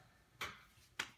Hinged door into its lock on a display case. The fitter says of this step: So make sure the doors go all the way down and that they lock into place.